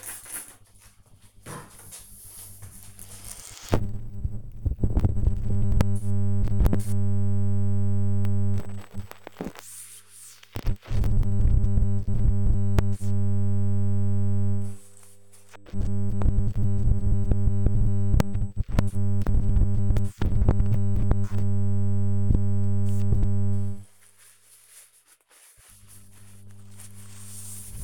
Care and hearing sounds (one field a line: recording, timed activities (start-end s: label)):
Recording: household activities, microphone on the right wrist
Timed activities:
0.00-27.84 s: cleaning the cupboard
0.00-27.84 s: kitchen